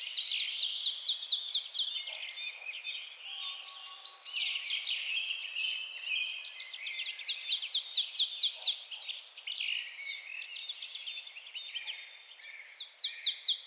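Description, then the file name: Marsh tit giving rapid runs of evenly spaced high chipping notes, repeated a few times, with softer twittering between. "Poecile palustris"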